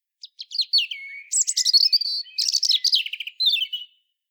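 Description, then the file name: European robin song: a varied high phrase opening with a few soft notes, then fast tumbling trills and twittering. "Erithacus rubecula"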